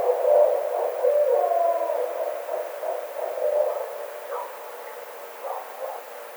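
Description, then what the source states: Barred owl hoots pouring out in a rapid, wavering series that trails off and grows quieter, with a few short upslurred notes near the end. Recorded on 9 April 2009.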